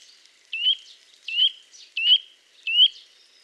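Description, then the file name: Eurasian nuthatch uttering four evenly spaced, rising call notes at about seven-tenths of a second intervals. "Sitta europaea"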